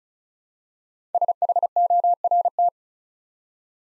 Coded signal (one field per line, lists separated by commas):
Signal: Morse code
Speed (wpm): 36 wpm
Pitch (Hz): 700 Hz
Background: none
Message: SHORT